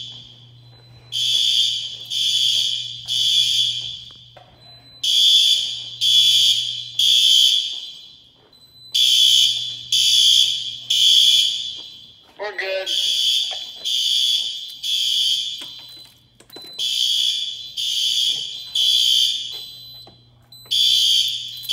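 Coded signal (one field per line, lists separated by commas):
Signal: alarm pattern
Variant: fire alarm horns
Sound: loud harsh horn blasts, three at a time, repeating about every four seconds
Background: low electrical hum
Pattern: temporal three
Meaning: A temporal-three pattern is the standard fire evacuation signal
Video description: Test of another Gamewell S3 panel with SpectrAlert Advances.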